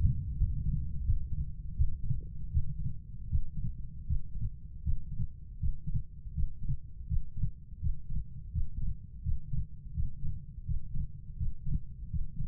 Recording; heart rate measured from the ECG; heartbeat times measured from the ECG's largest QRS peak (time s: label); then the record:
heart sounds by stethoscope; 82 bpm
0.37 s: heartbeat
1.04 s: heartbeat
1.75 s: heartbeat
2.50 s: heartbeat
3.28 s: heartbeat
4.05 s: heartbeat
4.82 s: heartbeat
5.58 s: heartbeat
6.33 s: heartbeat
7.06 s: heartbeat
7.79 s: heartbeat
8.51 s: heartbeat
9.22 s: heartbeat
9.92 s: heartbeat
10.64 s: heartbeat
11.36 s: heartbeat
12.09 s: heartbeat
From the record:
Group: healthy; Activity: Valsalva maneuver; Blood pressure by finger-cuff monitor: 116/69 mmHg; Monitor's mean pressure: 84 mmHg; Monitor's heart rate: 83 bpm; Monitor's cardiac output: 5.4 L/min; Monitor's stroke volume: 69 mL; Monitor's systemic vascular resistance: 1040 dyn s/cm5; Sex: female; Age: 43 years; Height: 160 cm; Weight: 90 kg